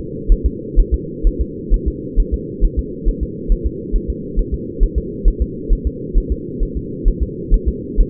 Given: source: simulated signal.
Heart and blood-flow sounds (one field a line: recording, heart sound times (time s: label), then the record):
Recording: fetal heart sounds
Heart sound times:
0.32 s: S1
0.46 s: S2
0.80 s: S1
0.94 s: S2
1.27 s: S1
1.41 s: S2
1.74 s: S1
1.88 s: S2
2.20 s: S1
2.34 s: S2
2.65 s: S1
2.79 s: S2
3.09 s: S1
3.23 s: S2
3.52 s: S1
3.66 s: S2
3.96 s: S1
4.10 s: S2
4.39 s: S1
4.54 s: S2
4.83 s: S1
4.98 s: S2
5.28 s: S1
5.42 s: S2
5.73 s: S1
5.87 s: S2
6.18 s: S1
6.32 s: S2
6.63 s: S1
6.77 s: S2
7.08 s: S1
7.23 s: S2
7.54 s: S1
7.68 s: S2
8.01 s: S1
From the record:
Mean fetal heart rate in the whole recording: 130 bpm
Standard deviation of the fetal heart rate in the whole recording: 4 bpm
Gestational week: 38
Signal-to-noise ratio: -4.1 dB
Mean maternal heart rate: no maternal heart sound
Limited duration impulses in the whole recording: absent